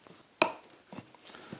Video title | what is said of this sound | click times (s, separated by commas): How to assemble and use the Stihl BR200 leaf blower | and you probably heard it click there and there it is in position | 0.4 s